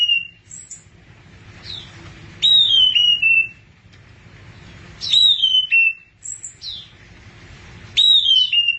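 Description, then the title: Thrush song: loud whistled phrases that slide downward from high to middle pitch, repeated about every three seconds over a low steady hum. "burung anis"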